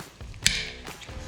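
The activator cap of a two-component (2K) aerosol primer can is pressed onto the can until it clicks home, releasing the activator into the paint. After a couple of faint taps, a sharp, bright snap is heard at 0.5 s, followed by a softer thud around 0.9 s. The cap is seated.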